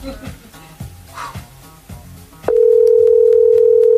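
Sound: phone call ringing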